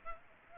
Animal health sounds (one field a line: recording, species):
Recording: mosquito wingbeat signal from an infrared sensor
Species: Aedes aegypti